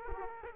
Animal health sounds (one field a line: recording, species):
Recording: mosquito wingbeat signal from an infrared sensor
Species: Aedes aegypti